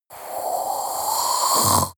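A single two-second breathy, windy exhale from an adult woman, ending in a brief low, fluttering snore-like rumble.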